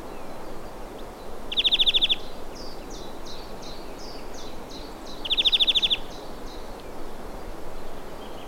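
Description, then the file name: European greenfinch, two fast rattling trills about four seconds apart, with a run of short high notes from another bird between them. "Chloris chloris"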